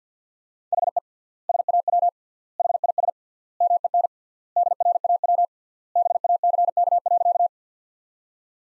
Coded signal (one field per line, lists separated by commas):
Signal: Morse code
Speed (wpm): 50 wpm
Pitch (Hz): 700 Hz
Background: none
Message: HE SAW HIS MEN DRAW BACK.